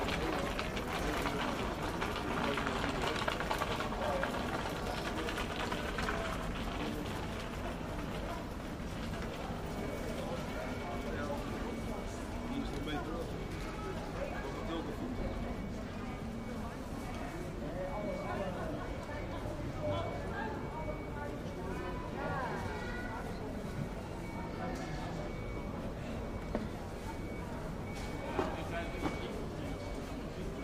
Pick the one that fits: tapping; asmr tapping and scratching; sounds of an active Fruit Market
sounds of an active Fruit Market